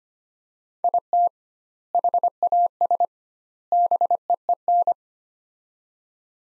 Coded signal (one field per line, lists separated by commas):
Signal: Morse code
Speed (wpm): 25 wpm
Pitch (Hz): 700 Hz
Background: none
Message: IT HAS BEEN